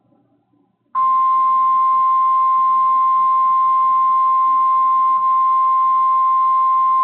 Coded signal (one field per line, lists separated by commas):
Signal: Emergency Alert System (SAME) tones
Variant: 1050 Hz attention tone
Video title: 4 AM Special Marine Warning on KTRMedia (6/9/25) (EAS 13283-13284)